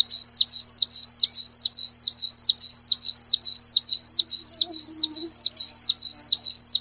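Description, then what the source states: Common chiffchaff delivering a continuous, regular string of alternating high and slightly lower notes. Recorded 15 June 1993.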